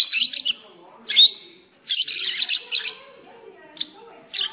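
Lovebird chirping, a few harsh shrill bursts separated by short silences.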